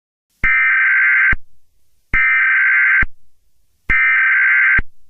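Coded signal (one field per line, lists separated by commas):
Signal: Emergency Alert System (SAME) tones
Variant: header bursts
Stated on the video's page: Fictional EAS scenario.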